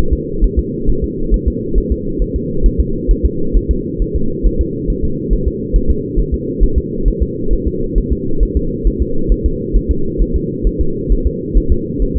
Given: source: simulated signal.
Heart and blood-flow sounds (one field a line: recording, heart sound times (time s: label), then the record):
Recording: fetal heart sounds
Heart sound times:
0.13 s: S2
0.44 s: S1
0.59 s: S2
0.89 s: S1
1.04 s: S2
1.34 s: S1
1.48 s: S2
1.78 s: S1
1.92 s: S2
2.22 s: S1
2.36 s: S2
2.66 s: S1
2.80 s: S2
3.11 s: S1
3.25 s: S2
3.56 s: S1
3.71 s: S2
4.02 s: S1
4.16 s: S2
4.46 s: S1
4.61 s: S2
4.90 s: S1
5.04 s: S2
5.33 s: S1
5.47 s: S2
5.76 s: S1
5.90 s: S2
6.19 s: S1
6.34 s: S2
6.63 s: S1
6.78 s: S2
7.08 s: S1
7.22 s: S2
7.53 s: S1
7.67 s: S2
7.98 s: S1
8.12 s: S2
8.43 s: S1
8.57 s: S2
8.87 s: S1
9.02 s: S2
9.32 s: S1
9.46 s: S2
9.77 s: S1
9.91 s: S2
10.22 s: S1
10.36 s: S2
10.67 s: S1
10.81 s: S2
11.12 s: S1
11.27 s: S2
11.58 s: S1
11.72 s: S2
12.02 s: S1
12.16 s: S2
From the record:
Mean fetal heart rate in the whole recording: 135 bpm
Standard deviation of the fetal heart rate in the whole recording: 3 bpm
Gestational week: 36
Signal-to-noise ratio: -8.1 dB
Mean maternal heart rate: 72 bpm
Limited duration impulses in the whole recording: absent